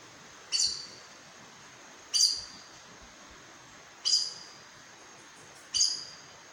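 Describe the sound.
Aracari calling with four sharp, high squeaks spaced about every one and a half to two seconds, with quiet background hiss between them.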